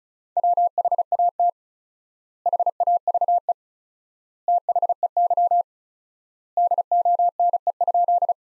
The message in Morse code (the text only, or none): WHAT HAVE THEY DONE?